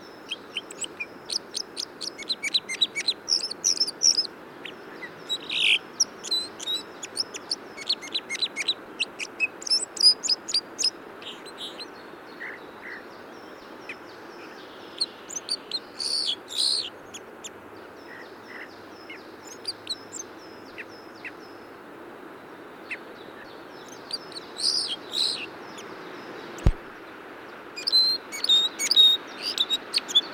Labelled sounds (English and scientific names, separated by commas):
Red Crossbill (Loxia curvirostra) song